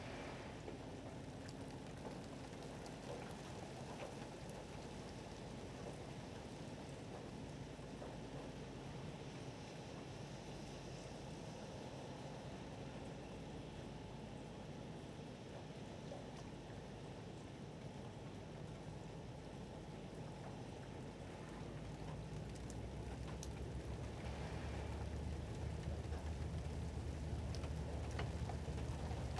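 Rain falls steadily over Martha's Vineyard harbor, a dense, even hiss with scattered drops pattering throughout. A low engine rumble from ferry traffic runs underneath and grows louder and heavier after about twenty-two seconds, thickening the sound toward the end.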